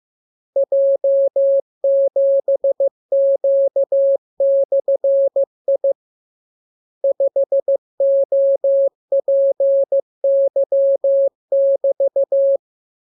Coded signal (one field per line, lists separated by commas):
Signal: Morse code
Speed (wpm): 15 wpm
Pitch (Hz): 550 Hz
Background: none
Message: J7Q/I 5OPY<BT>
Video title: Learning Morse Code. Lesson 34. Letter KMURESNAPTLWI.JZ=FOY,VG5/Q92H38B?47